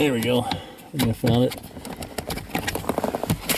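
Someone talks while a plastic interior light housing on an NSX is pressed repeatedly into the roof trim opening, producing a run of short, sharp knocks around 2.5 to 3.3 seconds. Nothing has seated or clicked into place yet.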